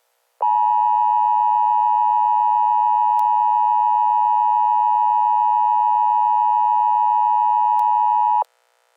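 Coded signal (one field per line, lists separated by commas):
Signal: Emergency Alert System (SAME) tones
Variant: 853 and 960 Hz attention tone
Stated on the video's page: Recreation of an EAS warning for a fictional event.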